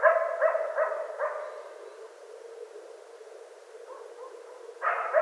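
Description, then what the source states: Coyote yipping in a quick series of short harmonic notes, fading to faint wavering calls, then a loud burst of calling returns at the end. Coyotes, recorded 25 January 2013.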